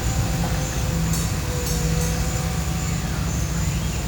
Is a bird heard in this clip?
no